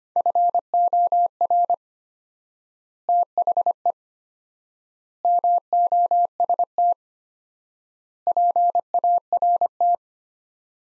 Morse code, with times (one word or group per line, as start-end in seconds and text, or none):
0.2-1.7 FOR
3.1-3.9 THE
5.2-6.9 MOST
8.3-9.9 PART